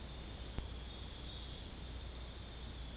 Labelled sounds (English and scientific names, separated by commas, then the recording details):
none
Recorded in secondary vegetation near Puerto Asís, Putumayo, Colombia, on 16 December 2024 at 23:30
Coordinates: 0.468, -76.324
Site G095